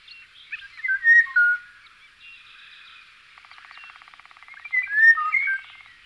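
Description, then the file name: Eurasian golden oriole giving fluty whistled phrases at the start and end, with a rapid buzzy rattle between them. "kosmos 93 pirol"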